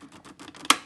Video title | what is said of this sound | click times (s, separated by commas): Blender Seti - Arzum Ar1041 Blendart 1500 W Nar Serisi - Çeyiz Alışverişi - Ücretsiz Garanti Uzatma | çıt sesi geldi mi tamam demektir | 0.7 s